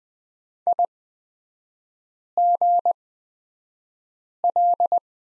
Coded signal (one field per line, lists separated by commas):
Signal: Morse code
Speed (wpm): 20 wpm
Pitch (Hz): 700 Hz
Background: none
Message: IGL